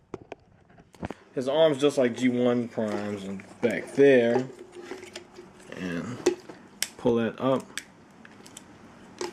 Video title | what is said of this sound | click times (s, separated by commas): TF Review 056 - Knight Morpher Annihilator | guess i snapped in | 9.2 s